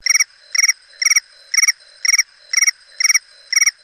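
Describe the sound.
Cricket chirping in short pulsed bursts, each a rapid trill of about four pulses, repeated roughly every half second, high and steady against a quiet background.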